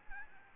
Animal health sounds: mosquito wingbeat signal from an infrared sensor; Aedes albopictus

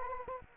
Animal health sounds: mosquito wingbeat signal from an infrared sensor; Anopheles arabiensis

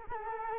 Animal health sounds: mosquito wingbeat signal from an infrared sensor; Culex quinquefasciatus

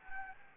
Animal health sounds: mosquito wingbeat signal from an infrared sensor; Anopheles gambiae

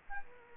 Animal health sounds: mosquito wingbeat signal from an infrared sensor; Culex quinquefasciatus

